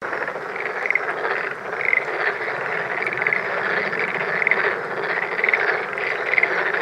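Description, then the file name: Black-spotted pond frog chorus, a constant rasping din with brief pulsed croaks rising above it about once a second. Recorded 19 April 2017. "tonosamagaeru 170419"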